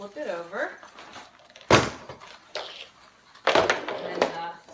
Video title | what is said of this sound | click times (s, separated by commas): Review Guava Family Travel Crib includes Lightweight Backpack Design - Certified Baby Safe Portable | sides kind of auto click into place. Looks great. | 3.6 s, 3.7 s, 4.2 s